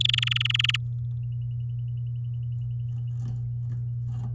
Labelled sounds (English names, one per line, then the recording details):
Domestic Canary song
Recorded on 10 May 2018 at 08:12
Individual llb16